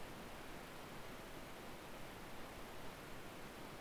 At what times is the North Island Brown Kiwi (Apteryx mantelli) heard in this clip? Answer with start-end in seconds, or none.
none